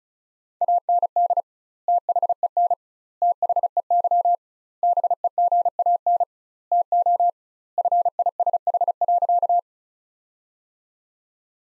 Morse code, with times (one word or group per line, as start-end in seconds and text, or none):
0.6-1.4 AND
1.9-2.7 THEN
3.2-4.3 THEY
4.8-6.2 BEGAN
6.7-7.3 TO
7.8-9.6 FISH.